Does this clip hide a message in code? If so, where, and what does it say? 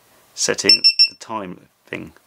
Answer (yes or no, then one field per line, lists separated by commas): no